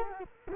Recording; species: mosquito wingbeat signal from an infrared sensor; Culex quinquefasciatus